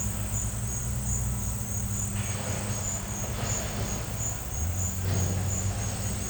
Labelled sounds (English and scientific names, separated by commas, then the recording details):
none
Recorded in pastures near Puerto Asís, Putumayo, Colombia, on 16 December 2024 at 11:00
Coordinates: 0.466, -76.322
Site G040